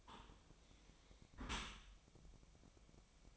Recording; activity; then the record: daily activity, microphone in the room; close dishwasher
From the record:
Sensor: 1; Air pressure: 1003.1 hPa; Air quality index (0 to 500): 197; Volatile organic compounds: 6 ppm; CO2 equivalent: 1882 ppm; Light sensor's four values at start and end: 28/68/29/35 and 28/69/29/35